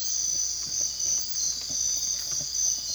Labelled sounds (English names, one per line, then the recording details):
none
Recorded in dense forest near Puerto Asís, Putumayo, Colombia, on 20 December 2024 at 04:00
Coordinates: 0.485, -76.318
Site GP03